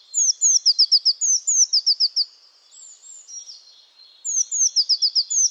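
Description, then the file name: Eurasian blue tit repeating high, thin descending note series in rapid runs, a pause with quieter chatter, then the run starts again. "Cyanistes caeruleus"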